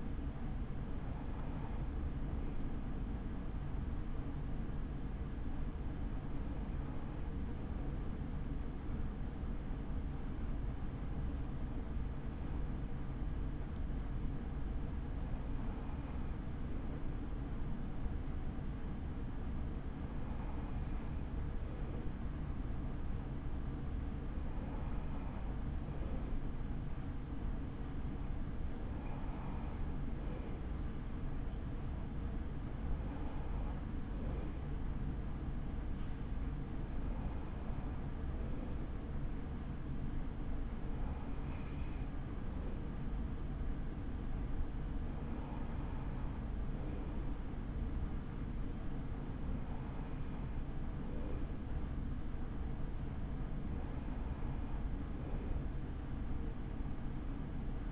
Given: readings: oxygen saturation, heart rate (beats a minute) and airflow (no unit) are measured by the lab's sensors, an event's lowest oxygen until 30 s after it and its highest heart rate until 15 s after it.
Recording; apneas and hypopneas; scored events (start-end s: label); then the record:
breathing in sleep by a smartphone at the bedside; none
45.00-57.91 s: new sleep stage, N2 (light sleep)
From the record:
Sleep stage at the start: N1 (lightest sleep); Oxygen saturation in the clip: 94 to 95%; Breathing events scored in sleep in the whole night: 83 in 6.1 hours asleep